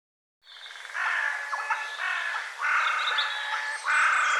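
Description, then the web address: Bird calls: rough, buzzy notes in several blocks of sound. "cianscape birddata Deverinetal 2025 File cleaned normalized Bird"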